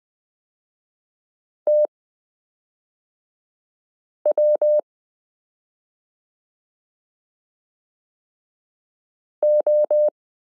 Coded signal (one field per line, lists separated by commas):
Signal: Morse code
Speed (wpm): 20 wpm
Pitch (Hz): 600 Hz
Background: none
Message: TW O